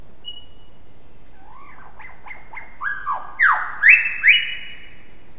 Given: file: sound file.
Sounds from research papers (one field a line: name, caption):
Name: Goomburra-whistle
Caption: Example whistle songs of the female Albert's lyrebird recorded at Goomburra.